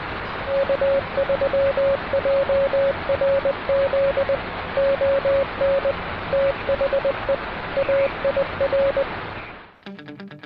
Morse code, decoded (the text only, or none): K3JRZ ON THE AIR